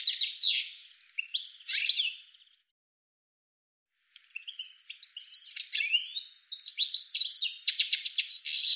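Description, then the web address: Bird chirps, bright and scratchy, in bursts at the start and again from four seconds on, with a short silent gap between. "cianscape birddata"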